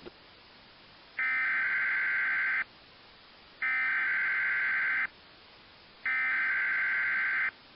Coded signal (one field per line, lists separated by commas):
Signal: Emergency Alert System (SAME) tones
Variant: header bursts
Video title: EAS Event Retrospective: July 4th, 2001 Severe Weather Outbreak (With Valid Tones)